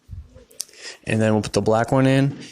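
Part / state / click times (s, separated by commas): ink cartridge into inkjet printer carriage / seated / 0.6 s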